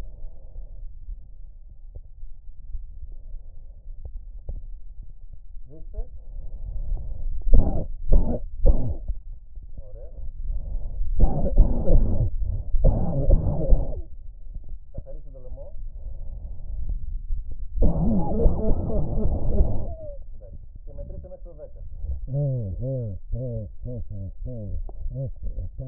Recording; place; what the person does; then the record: lung sounds by stethoscope; right anterior apical chest; quiet breathing, then cough and speech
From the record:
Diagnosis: pulmonary infection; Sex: male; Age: 74 years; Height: 171 cm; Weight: 80 kg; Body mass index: 27.4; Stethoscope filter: extended mode